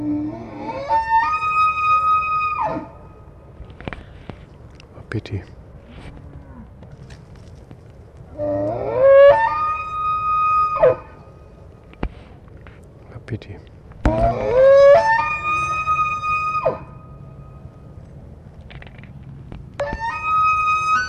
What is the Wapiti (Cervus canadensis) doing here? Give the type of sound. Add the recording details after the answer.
rut call. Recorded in captivity. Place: Tierpark Berlin, Berlin, DE. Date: 1965-09-22 17:00. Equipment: Grundig TK 1 Luxus, Transistorverstärker 1, GDM. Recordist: Tembrock, Günter